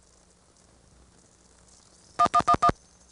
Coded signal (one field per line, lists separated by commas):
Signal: DTMF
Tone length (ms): 70 ms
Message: 1111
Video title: ITT Pentaconta Crossbar Switch in Asheboro NC 1st pgm, March 1977